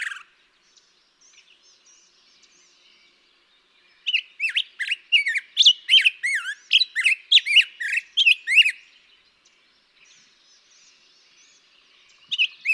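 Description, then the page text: Black-headed grosbeak giving a bold song of fast, sweet, up-and-down whistled notes for about five seconds, a quiet gap, then a new phrase starting. Daytime singing; May 17, 2016, Mt. Graham, Arizona. "Birdsong for the Curious Naturalist. Black-headed grosbeak. Daytime singing, example 2. May 17, 2016. Mt. Graham, Arizona"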